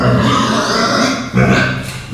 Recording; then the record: squeal of a Yucatan mini pig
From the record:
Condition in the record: after surgery on the right vocal fold (resection and tissue-engineered implant); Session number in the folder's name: 13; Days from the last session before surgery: 113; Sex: female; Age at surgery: 19 weeks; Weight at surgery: 25 kg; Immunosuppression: prednisolone